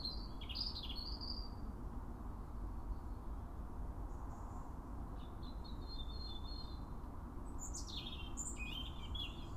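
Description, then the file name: European robin delivering sweet, high-pitched warbles, a thin drawn-out trill midway and a final cluster of sharp descending notes, with continuous low background rumble. "Erithacus rubecula"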